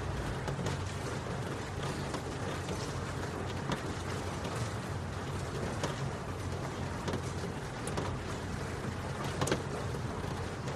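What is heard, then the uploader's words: Rain falls in a steady, dense hiss that barely changes in level across the whole stretch. A low, rumbling hum sits beneath it, and sharper drips or taps stand out now and then, a few seconds apart, notably near the end. Serene Rain Sounds.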